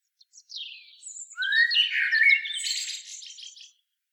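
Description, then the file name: Common blackbird phrase beginning with thin high notes, then a rising fluty whistle and a long, busy, squeaky chattering twitter. "Turdus merula"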